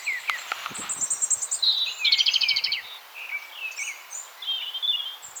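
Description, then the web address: European robin song: a fast high trill and thin sliding whistles, with a few clicking knocks at the start. "SETE Erithacus rubecula"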